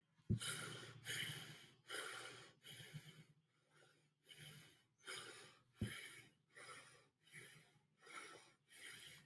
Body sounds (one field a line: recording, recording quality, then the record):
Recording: shallow breathing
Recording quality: excellent, no background noise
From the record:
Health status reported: healthy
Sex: male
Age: 37 years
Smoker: yes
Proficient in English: yes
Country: India